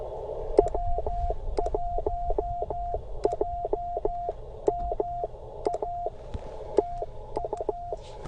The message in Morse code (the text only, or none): W1JMA TU